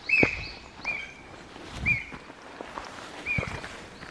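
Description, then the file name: Japanese green woodpecker calls: four short, clear whistled notes at uneven intervals, with rustling and other background noise. Recorded 18 April 2024. "20240418 アオゲラ"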